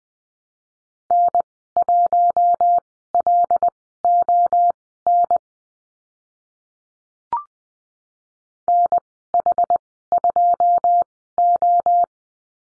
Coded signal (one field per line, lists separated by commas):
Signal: Morse code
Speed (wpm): 20 wpm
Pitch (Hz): 700 Hz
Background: none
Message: N1LON NH2O